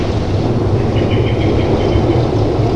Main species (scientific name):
Turdus merula